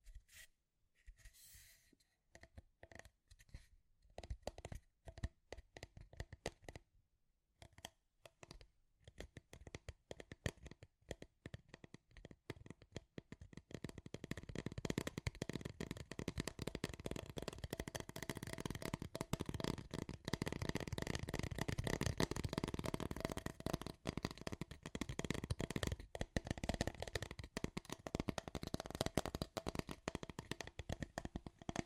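Scratchy tapping starts as scattered, irregular clicks and scrapes with short gaps between them, then thickens after about 14 seconds into a dense, continuous rustling patter. The sound stays dry and papery, like shuffling cards, with a faint low hum underneath.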